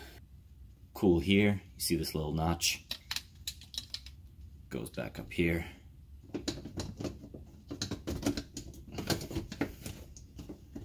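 A plastic filter assembly is handled and turned as it is fitted back up into the sump of a Frigidaire Gallery dishwasher, producing several small knocks and taps while someone talks. The clip ends just before the filter goes home, so nothing has seated or clicked yet.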